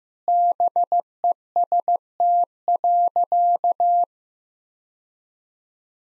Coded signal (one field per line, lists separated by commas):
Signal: Morse code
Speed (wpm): 15 wpm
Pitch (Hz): 700 Hz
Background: none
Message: BEST.